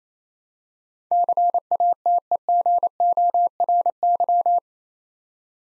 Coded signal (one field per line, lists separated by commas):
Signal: Morse code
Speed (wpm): 29 wpm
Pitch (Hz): 700 Hz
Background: none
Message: CATEGORY